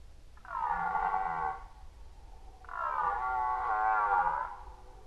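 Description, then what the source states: Red deer roaring twice: a moaning bellow of about a second, a pause, then a longer, wavering roar lasting nearly two seconds. Recorded during the rut in 2011.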